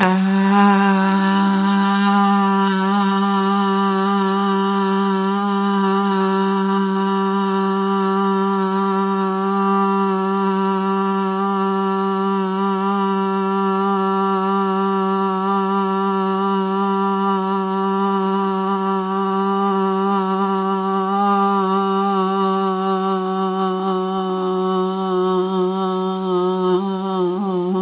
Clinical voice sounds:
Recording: sustained vowel /a/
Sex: female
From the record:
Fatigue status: no fatigue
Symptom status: symptomatic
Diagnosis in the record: COVID-19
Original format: 3gp

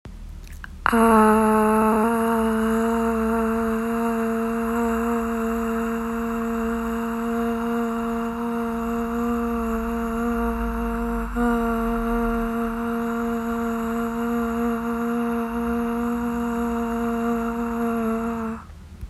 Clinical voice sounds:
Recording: sustained vowel /a/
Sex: female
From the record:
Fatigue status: fatigue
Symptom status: symptomatic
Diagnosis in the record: COVID-19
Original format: m4a

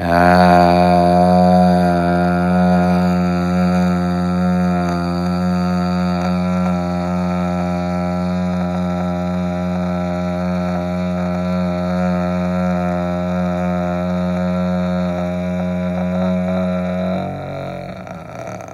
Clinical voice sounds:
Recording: sustained vowel /a/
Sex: male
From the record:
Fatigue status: no fatigue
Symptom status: asymptomatic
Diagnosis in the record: COVID-19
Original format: m4a

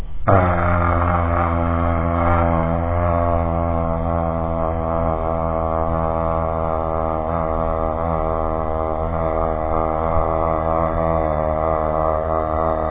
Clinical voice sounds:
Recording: sustained vowel /a/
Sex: male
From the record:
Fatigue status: no fatigue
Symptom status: symptomatic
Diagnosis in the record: COVID-19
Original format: 3gp

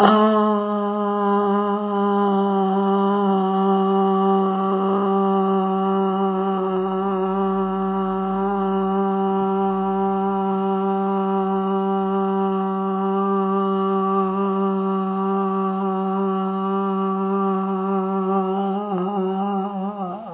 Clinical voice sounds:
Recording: sustained vowel /a/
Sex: female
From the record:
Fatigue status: fatigue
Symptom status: symptomatic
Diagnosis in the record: COVID-19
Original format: 3gp

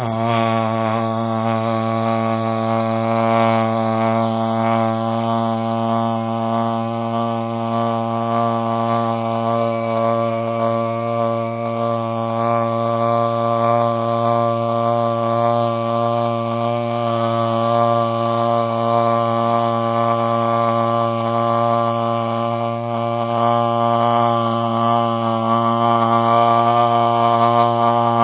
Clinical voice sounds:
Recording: sustained vowel /a/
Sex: male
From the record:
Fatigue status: no fatigue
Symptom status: asymptomatic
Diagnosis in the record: COVID-19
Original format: 3gp

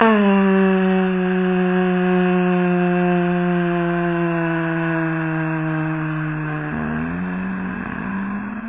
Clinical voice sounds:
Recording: sustained vowel /a/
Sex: female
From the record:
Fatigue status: fatigue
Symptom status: symptomatic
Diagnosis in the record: COVID-19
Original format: 3gp

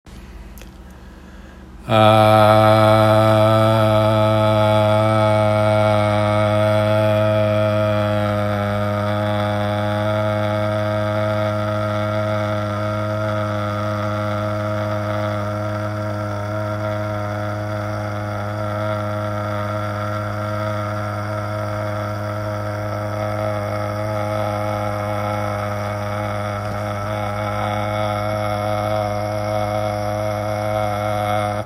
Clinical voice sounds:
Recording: sustained vowel /a/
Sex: male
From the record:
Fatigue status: no fatigue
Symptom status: symptomatic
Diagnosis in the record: COVID-19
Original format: m4a

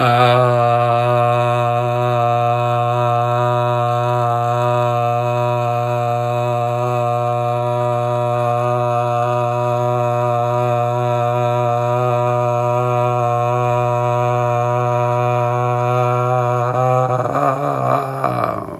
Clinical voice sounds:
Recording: sustained vowel /a/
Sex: male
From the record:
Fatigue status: no fatigue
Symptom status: asymptomatic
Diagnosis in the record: COVID-19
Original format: m4a

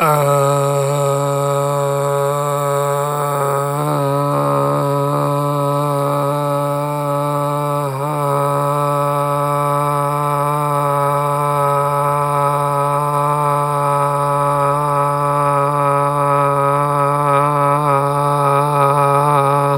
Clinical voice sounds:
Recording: sustained vowel /a/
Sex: male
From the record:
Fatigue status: no fatigue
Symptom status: symptomatic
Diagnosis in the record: COVID-19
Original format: m4a

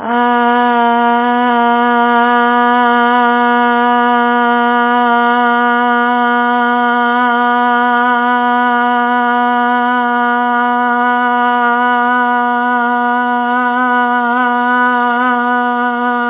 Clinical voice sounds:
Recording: sustained vowel /a/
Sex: female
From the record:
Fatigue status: no fatigue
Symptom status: asymptomatic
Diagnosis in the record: COVID-19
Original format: 3gp

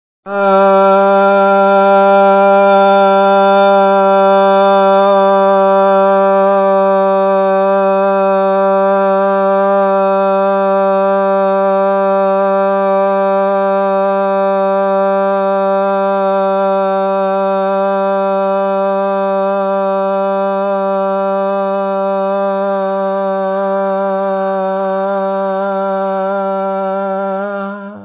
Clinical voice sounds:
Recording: sustained vowel /a/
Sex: male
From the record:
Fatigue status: no fatigue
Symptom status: asymptomatic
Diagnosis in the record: COVID-19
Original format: 3gp

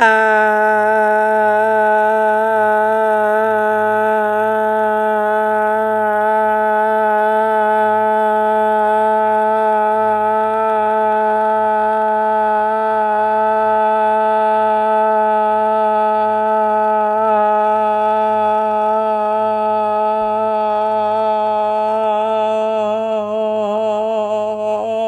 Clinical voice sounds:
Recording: sustained vowel /a/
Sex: female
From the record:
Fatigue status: fatigue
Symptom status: symptomatic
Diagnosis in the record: COVID-19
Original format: m4a

